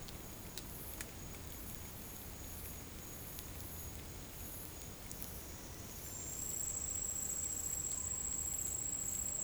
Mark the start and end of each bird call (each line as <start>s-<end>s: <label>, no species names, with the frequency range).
7.79s-8.22s: bird call (0.5-2.8 kHz)